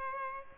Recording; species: mosquito wingbeat signal from an infrared sensor; Aedes aegypti